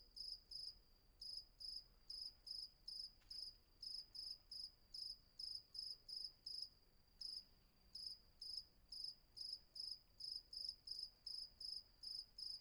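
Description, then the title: Cricket chirping: a long regular train of short pulsed bursts, with a few brief pauses before resuming at the same pace. Night ambience on Patmos, Vagia, Greece; recorded with a Fostex FR-2 and an MKH800 microphone. "Patmos, Vagia, Griechenland - Nachtsimmung 03, Grillen"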